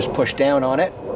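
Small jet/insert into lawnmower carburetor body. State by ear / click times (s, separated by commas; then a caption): not seated / none. A small jet insert is being pressed down against the carburetor body of a Kohler XT675 engine on a newer Poulan lawnmower that won't start after storage. Someone talks throughout the clip. The part has not seated or clicked into place yet.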